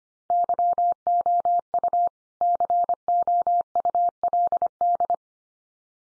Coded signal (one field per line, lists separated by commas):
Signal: Morse code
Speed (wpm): 25 wpm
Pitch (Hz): 700 Hz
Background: none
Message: YOU COULD